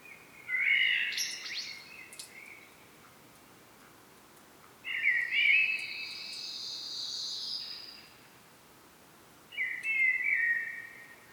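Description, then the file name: Common blackbird song in three separate phrases about five seconds apart, with warbled fluty notes and high squeaky flourishes. "Turdus merula"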